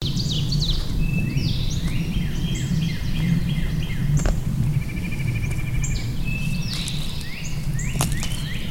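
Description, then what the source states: Birds in a busy chorus of repeated chirps and whistles, with a rapid trilled phrase near the middle and a steady low hum beneath. Birds recorded at Shawnee.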